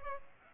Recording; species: mosquito wingbeat signal from an infrared sensor; Culex pipiens